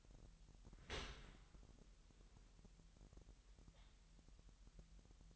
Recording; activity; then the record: daily activity, microphone in the room; open dishwasher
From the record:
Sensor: 3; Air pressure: 998.2 hPa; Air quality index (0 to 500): 150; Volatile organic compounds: 5 ppm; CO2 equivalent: 1802 ppm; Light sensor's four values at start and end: 13/38/15/14 and 13/38/15/14